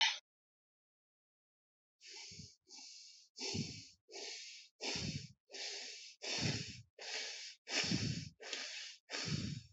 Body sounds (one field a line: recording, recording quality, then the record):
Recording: shallow breathing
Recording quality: excellent, no background noise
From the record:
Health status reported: COVID-19 positive, mild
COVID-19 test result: positive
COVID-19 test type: RT-PCR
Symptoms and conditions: cough, cold, fever, fatigue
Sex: male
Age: 26 years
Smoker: no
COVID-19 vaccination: both doses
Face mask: not worn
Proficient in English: yes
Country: India